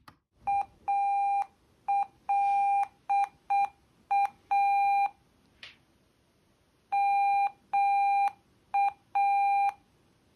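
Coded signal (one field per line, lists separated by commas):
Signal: Morse code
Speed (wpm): 6 wpm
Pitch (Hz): 800 Hz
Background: none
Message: ALA MA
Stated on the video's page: Morse code sent by software.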